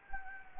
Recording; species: mosquito wingbeat signal from an infrared sensor; Anopheles gambiae